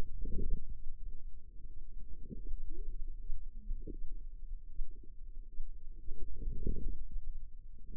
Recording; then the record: forearm muscle sounds (acoustic myography)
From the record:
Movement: wrist flexion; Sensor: system 2, bracelet of six BSWA MPA416 microphones around the upper forearm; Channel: 2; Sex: female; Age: 25 years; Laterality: right